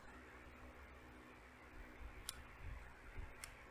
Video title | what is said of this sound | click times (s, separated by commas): Harley Davidson Stator, Rotor & Inner Primary Shift Linkage Install- Part 8 of 10 - Techn' Moto | And you should hear it click in, | 2.3 s, 3.4 s